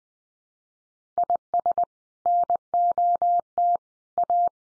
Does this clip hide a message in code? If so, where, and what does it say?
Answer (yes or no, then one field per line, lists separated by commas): yes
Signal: Morse code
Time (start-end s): 1.2-4.5 s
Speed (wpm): 20 wpm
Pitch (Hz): 700 Hz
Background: none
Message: IS NOT A